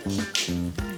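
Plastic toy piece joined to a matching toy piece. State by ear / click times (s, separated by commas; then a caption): seated / 0.3 s. A child pushes two plastic toy track or vehicle pieces together. They snap into place with a sharp click at 0.4 s, and a second smaller snap follows at 0.8 s. Someone talks throughout in a voiced, tonal way, and the pieces are seated.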